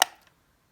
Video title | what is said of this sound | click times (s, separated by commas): Whittling a Wizarding Wand | okay has to be the right orientation then you should hear a little click noise | 0.0 s